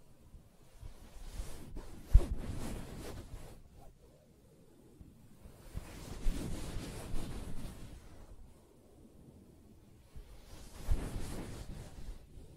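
Soft scratching and rubbing on a fabric surface comes in three rough, rustling bursts, around two, six, and eleven seconds, with near silence between them. The scuffing is mostly low and muffled with some brighter hiss, and one sharp tap lands just after two seconds.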